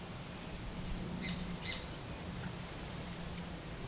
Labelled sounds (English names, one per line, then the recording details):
Great Kiskadee
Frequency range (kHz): Great Kiskadee 1.6-8.6 kHz
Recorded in forest near Pivijay, Magdalena, Colombia, on 4 June 2023 at 11:00
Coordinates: 10.467, -74.380
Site Z5-G034